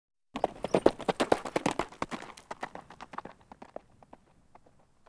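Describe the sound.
Horse hoofbeats at a canter on dirt, a quick uneven thudding rhythm that is loud at first and then fades steadily as the animal passes by.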